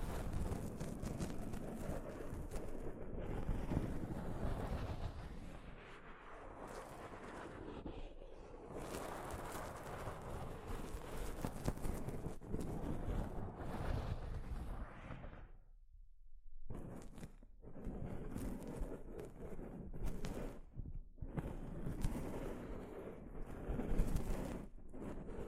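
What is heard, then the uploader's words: Soft fabric brushes over a microphone in a continuous, rough rubbing that swells and thins with each stroke, heavy in the low end with scratchy brighter texture on top. Around the sixteenth second the rubbing stops briefly, then resumes with short breaks near 17 and 21 seconds. ASMR Mic Brushing using Soft Fabric (No Talking).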